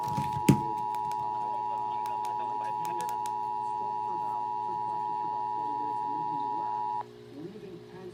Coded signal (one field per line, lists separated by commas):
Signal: Emergency Alert System (SAME) tones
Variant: 853 and 960 Hz attention tone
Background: speech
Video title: Los Angeles Required Monthly Test EAS (#13-#25) 3/30/21